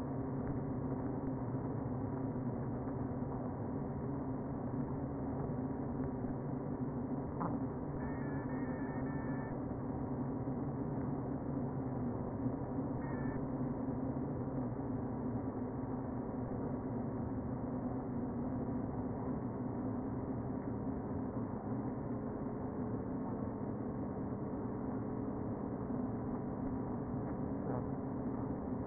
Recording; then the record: honeybee colony, microphone inside the hive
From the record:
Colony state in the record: queen present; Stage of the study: before two queens were removed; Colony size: about 60,000 bees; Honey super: yes